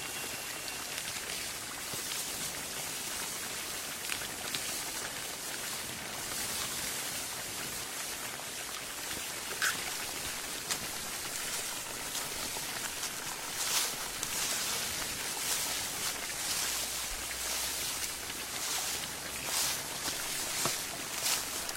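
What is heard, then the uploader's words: Crisp leaves crackle and rustle in a dense, steady hiss of tiny bright snaps. Sharper bursts of crunching stand out now and then, more often in the second half, over a quiet low background. Autumn night, the sound of crisp leaves.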